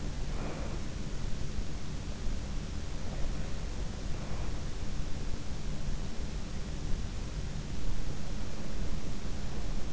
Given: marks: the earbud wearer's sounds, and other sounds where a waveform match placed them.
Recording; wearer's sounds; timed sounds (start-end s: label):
sounds in sleep by an in-ear microphone; breath
0.00-1.19 s: breath